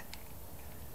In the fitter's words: won't lock in won't lock onto the cam so